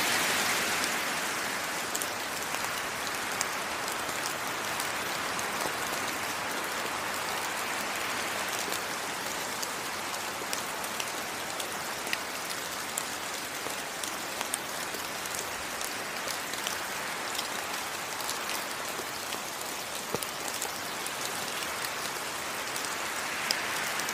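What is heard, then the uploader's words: Steady, dense rain hisses through a rainforest, with scattered sharp drip ticks throughout and a faint swelling wash near the start and end. This Episode of The White Noise Podcast is an hour of Rain and the Rainforest.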